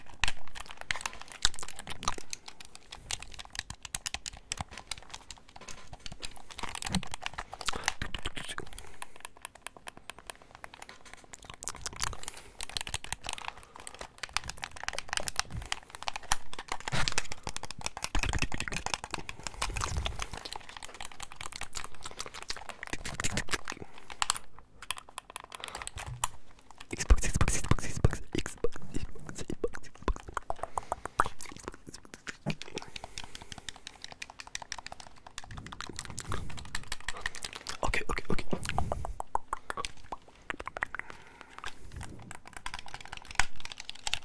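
Controller sounds: a dense, uneven run of quick plastic clicks and taps, like buttons and sticks being worked rapidly throughout. Brief scratchy, rustling bursts stand out around 27 and 37 seconds, and a faint low steady hum runs underneath.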